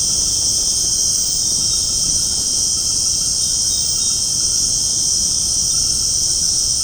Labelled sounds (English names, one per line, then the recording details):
none
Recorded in secondary vegetation near Puerto Asís, Putumayo, Colombia, on 20 February 2024 at 20:30
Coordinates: 0.489, -76.322
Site G6419